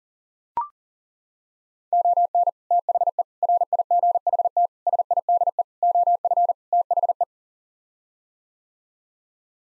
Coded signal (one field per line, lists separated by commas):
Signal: Morse code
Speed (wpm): 40 wpm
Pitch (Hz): 700 Hz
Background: none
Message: ON THE RIGHT SIDE OF THE